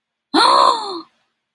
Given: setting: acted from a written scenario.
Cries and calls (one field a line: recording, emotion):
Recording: vocal sound without words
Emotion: positive surprise